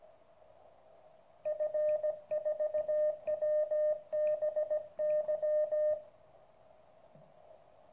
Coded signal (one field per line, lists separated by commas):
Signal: Morse code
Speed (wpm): 17 wpm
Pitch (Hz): 610 Hz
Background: radio noise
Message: F4WBY